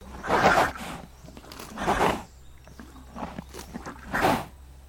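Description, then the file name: Horse snorting: three loud, breathy blasts of air about two seconds apart, with softer shuffling and snuffling sounds between them. "ANIMAL HORSE SNORTING"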